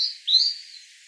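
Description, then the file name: European robin giving a short high, thin whistled note, then a longer wavering note that slowly fades. "Erithacus rubecula"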